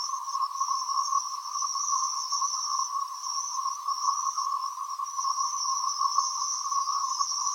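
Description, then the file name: Cicadas buzzing continuously, a dense unchanging two-toned drone with no pauses. "freesound cicadas long"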